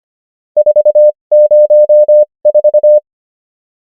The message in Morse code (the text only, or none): 404